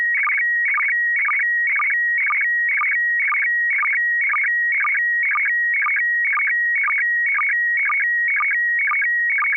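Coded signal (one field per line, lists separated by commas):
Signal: SSTV (slow-scan television)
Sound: rhythmic warbling tone alternating with a steady pitch, repeating about twice per second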